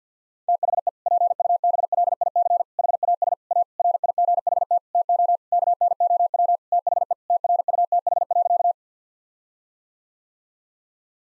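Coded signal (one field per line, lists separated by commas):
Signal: Morse code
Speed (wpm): 50 wpm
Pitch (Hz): 700 Hz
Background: none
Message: THE PUBLIC HAS A RIGHT TO KNOW THE TRUTH.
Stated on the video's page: Morse practice at 50 wpm: sentences of common seven-word phrases for head-copy drill.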